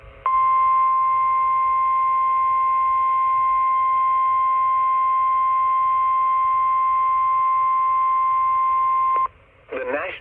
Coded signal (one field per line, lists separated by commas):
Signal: Emergency Alert System (SAME) tones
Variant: 1050 Hz attention tone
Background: speech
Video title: A Jumbled-Up June Pt. 1 - EAS Alerts from 6/8/25 || EAS 1,830-1,837